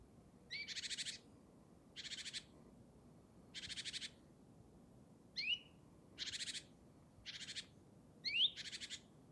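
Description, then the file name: Great tit scolding calls, short harsh rattling bursts repeated roughly every one to two seconds, some preceded by a sharp high note. "Parus major"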